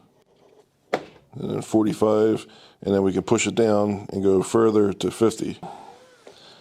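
A DeWALT DWS780 miter saw's table is swung to the 45-degree preset stop, and its detent catches in the angle stop plate with a sharp click at 0.9 s, seating it. Someone then talks while a fainter sound follows near 6.3 s.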